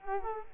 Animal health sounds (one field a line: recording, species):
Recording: mosquito wingbeat signal from an infrared sensor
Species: Culex quinquefasciatus